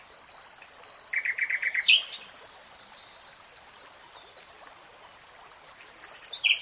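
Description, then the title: Nightingale song phrase: a quick stuttered run of short notes with a sharp rising whistle, followed by a long quiet pause and a new phrase starting. Real-time recording of a nightingale singing. "[Tiếng chim hót] 3 Hours REALTIME Nightingale Singing"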